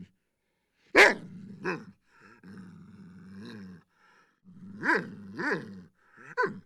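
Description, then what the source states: Large dog growling low in long stretches between loud, harsh barks, the barks coming in a cluster near the end. Large dog barking and growling.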